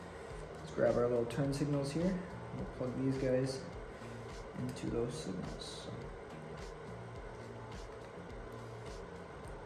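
A man talks while handling a turn signal wire connector to plug it into the tail light wiring harness during a TST tail light and fender eliminator install on a 2021 Kawasaki ZX6R motorcycle, over a steady low background hum. The connector has not seated or clicked yet by the end of the clip.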